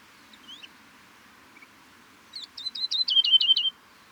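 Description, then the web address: Bird giving a quick trill of rapidly repeated high notes lasting just over a second, after a few faint scattered chirps, over a low steady background hiss. "Ptichki Ula. pozivki"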